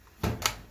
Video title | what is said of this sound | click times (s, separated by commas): Whirlpool Cabrio Dryer won't start. Low cost fix. Power Relay | you'll hear it snap in | 0.5 s